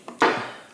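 A steel circlip is eased along a transmission gear shaft in a 1979–1984 Harley Davidson 4-speed rotary top gearbox with a small screwdriver, pushed back gently so it isn't stretched. After a faint tap at 0.1 s, a sharp metallic click at 0.2 s rings out and decays as the circlip snaps into its shaft groove. It is confirmed seated.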